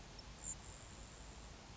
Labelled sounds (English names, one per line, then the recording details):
Grasshopper Sparrow
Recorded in Sonoma County, California